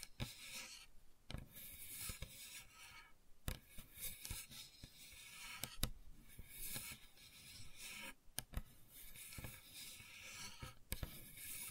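Gentle scratching runs almost without pause, a dry, bright rasping with a soft, rubbing texture. Brief sharper clicks cut through about once a second or two, near 1.3, 3.5, 5.8, 8.5 and 11 seconds. The level stays fairly even throughout.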